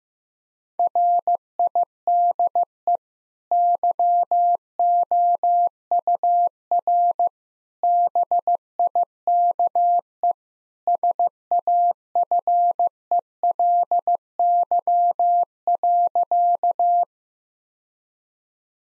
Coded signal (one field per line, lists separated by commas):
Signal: Morse code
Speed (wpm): 15 wpm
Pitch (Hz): 700 Hz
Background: none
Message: RIDE YOUR BIKE SAFELY.